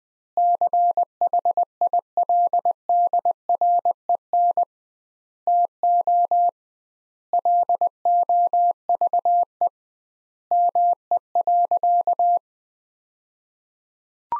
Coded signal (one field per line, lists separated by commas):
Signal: Morse code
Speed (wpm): 20 wpm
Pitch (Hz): 700 Hz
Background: none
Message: CHILDREN TO LOVE ME.